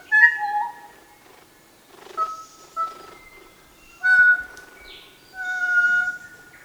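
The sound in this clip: Kōkako song of long, pure organ-like notes, with pauses between phrases.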